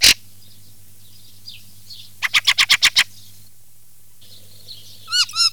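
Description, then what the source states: Fieldfare giving a rapid run of harsh chacking notes, followed later by looping whistled notes, over a soft low hum. Recording filtered.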